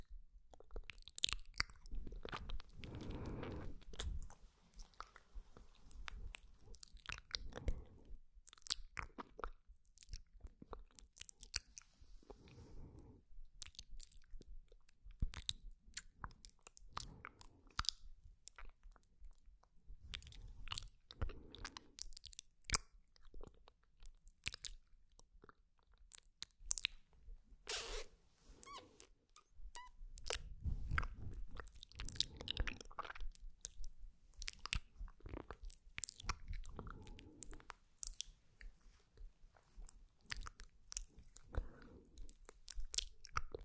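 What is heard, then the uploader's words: Tingly mouth sounds: a steady run of wet clicks, smacks and crunchy chewing-like bites, dense and irregular throughout. Thicker, louder bursts with low body come around 3, 12, 20 and 30 seconds, between quieter stretches of sharp, bright taps. TINGLY MOUTH SOUNDS ASMR.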